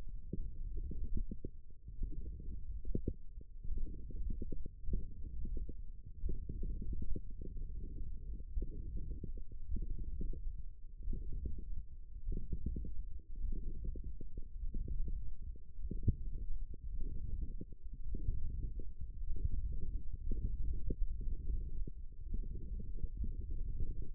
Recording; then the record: forearm muscle sounds (acoustic myography)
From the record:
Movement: tripod grip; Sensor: system 1, eight BSWA MPA416 microphones around the upper forearm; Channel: 3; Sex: male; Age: 18 years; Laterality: right